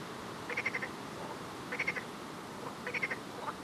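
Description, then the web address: Frog call, a short rattling trill of quick pulses repeated about every 1.2 seconds, over a steady background hiss. "Soundscape Frog 1"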